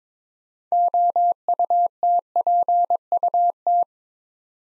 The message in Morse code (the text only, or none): OUTPUT